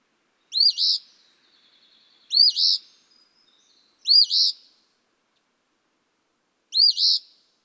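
Eastern Phoebe giving four hoarse two-part phrases, three in quick succession and a fourth after a longer gap.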